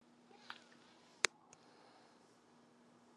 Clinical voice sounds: spoken sentence; Brazilian Portuguese; female; 60 to 69 years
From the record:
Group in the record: control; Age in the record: 68 years

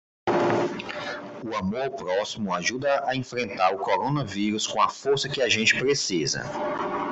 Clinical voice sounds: spoken sentence; Brazilian Portuguese; male; 30 to 39 years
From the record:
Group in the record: control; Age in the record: 37 years

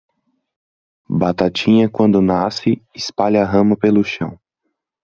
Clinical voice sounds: short text; Brazilian Portuguese; male; 20 to 29 years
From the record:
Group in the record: control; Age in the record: 22 years

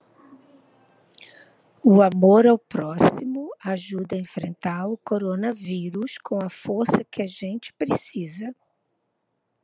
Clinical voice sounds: spoken sentence; Brazilian Portuguese; female; 60 to 69 years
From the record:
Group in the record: control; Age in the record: 61 years

